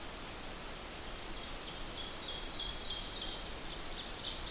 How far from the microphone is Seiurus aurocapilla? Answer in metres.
about 45 m